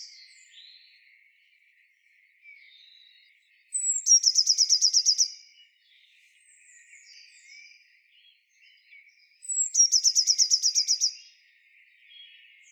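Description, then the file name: Eurasian blue tit song: a high thin whistled note sliding down, then a fast trilled run, given twice about six seconds apart, with faint softer bird calls between. "Cyanistes caeruleus"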